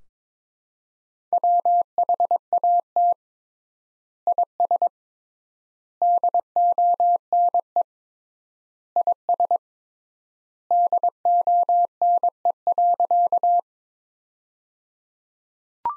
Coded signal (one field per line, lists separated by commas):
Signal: Morse code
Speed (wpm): 21 wpm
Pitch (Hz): 700 Hz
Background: none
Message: WHAT IS DONE IS DONE.